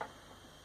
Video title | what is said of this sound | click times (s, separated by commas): HBW 199 - Boel iTap unboxing, setup and first use | locks into place, pretty stable. | 0.0 s